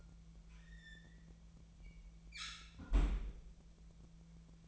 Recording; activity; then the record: daily activity, microphone in the room; close fridge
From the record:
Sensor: 1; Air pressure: 1009.7 hPa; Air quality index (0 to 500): 192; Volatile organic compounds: 18 ppm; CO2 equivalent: 2634 ppm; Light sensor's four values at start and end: 30/76/32/38 and 30/77/32/38